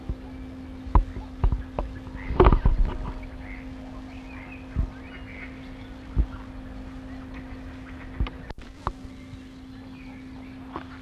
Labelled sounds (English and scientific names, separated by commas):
Edible Frog (Pelophylax esculentus) call